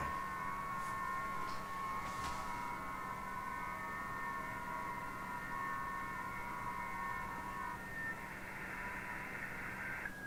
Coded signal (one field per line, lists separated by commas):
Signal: FT8